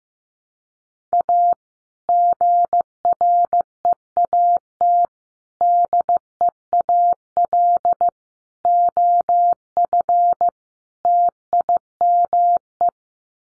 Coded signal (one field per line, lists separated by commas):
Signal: Morse code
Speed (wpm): 15 wpm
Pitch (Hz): 700 Hz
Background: none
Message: A GREAT DEAL OF TIME